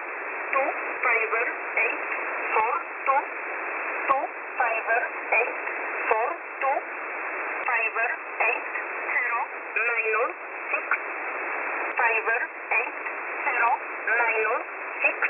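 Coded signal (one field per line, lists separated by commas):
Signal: numbers station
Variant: E11a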